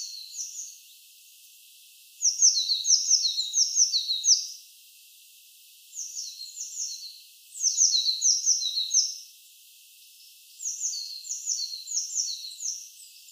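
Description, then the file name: Eurasian blue tit giving bursts of high, sharp, downslurred double notes, about five runs of rapid chirps separated by short pauses, with steady background hiss. "Cyanistes caeruleus"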